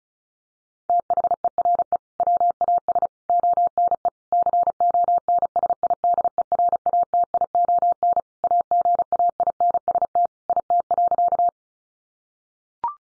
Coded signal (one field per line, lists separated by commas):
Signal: Morse code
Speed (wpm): 34 wpm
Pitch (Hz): 700 Hz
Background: none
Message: THERE WAS ONE CONSIDERATION AGAINST IT.